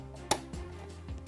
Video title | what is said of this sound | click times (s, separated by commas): How To Set Up The Brother LS2160 | place your bobbing case back into the machine until you hear a click | 0.3 s